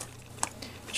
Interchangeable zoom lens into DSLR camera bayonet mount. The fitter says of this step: turn to hear it click.